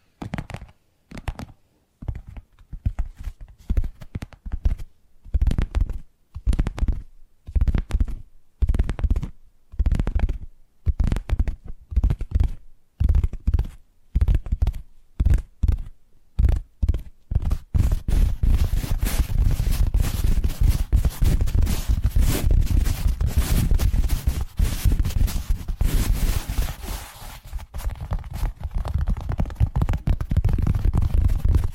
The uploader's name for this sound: Addictive Tapping Triggers